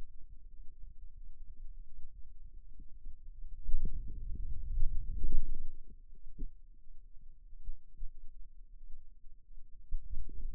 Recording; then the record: forearm muscle sounds (acoustic myography)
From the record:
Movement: wrist flexion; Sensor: system 2, bracelet of six BSWA MPA416 microphones around the upper forearm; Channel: 3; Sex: male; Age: 22 years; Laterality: right